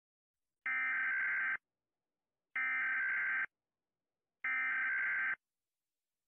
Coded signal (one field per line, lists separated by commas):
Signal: Emergency Alert System (SAME) tones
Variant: header bursts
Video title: Rating EAS Alarms From Around The World